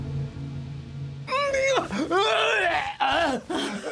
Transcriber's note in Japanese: うめき声 苦しげに